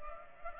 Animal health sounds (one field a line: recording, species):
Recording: mosquito wingbeat signal from an infrared sensor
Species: Culex pipiens